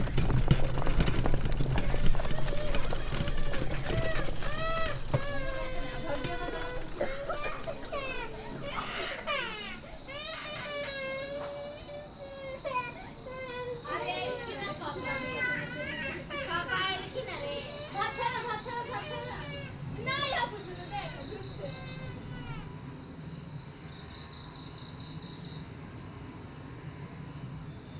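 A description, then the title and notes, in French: A quiet day in Calcutta: voices chatter and call out over a steady bed of street murmur, with children's shouts rising through the middle. Talk is dense early and thins after about twenty seconds, leaving a high insect-like whine and soft background hum. Une journée tranquille en Inde, à Calcutta. Enregistrements : mai 08.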